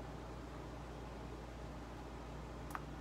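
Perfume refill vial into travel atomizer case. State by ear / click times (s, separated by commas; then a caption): seated / 2.7 s. After a test spray, a perfume refill tube or its cap is pushed back into a small plastic travel atomizer case, probably because it had not been on all the way before. A steady low hiss runs throughout until a single short, sharp snap at 2.8 s, when the vial seats into the case.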